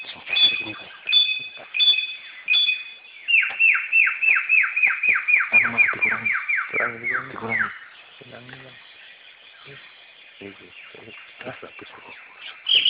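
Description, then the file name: Samyong singing: a few high chirped notes, then a long, fast series of descending slurred notes, fading into quieter scattered chatter. Recorded in forest. "suara burung samyong di hutan"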